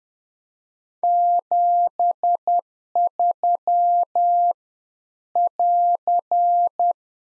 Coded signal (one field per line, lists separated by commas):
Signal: Morse code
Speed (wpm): 10 wpm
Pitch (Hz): 700 Hz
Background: none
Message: 73 <AR>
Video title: Practice QSO - Exchange 4- Ending - 10wpm